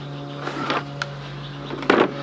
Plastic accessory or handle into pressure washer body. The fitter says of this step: snap into place and when inserted, it just snaps into place and should work.